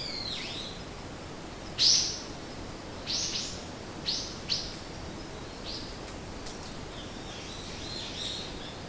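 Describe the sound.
Bird calls: short high chirps and downslurred notes in scattered bursts, a loud one near two seconds and others after it, over faint background hiss.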